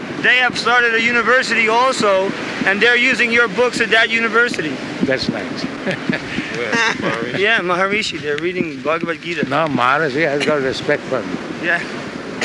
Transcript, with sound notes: They have started a university also, and they are using your books at that university.
That's nice. [laughs]
Yeah, Maharishi, they are reading Bhagavad-gītā.
No, Maharishi has got respect for me.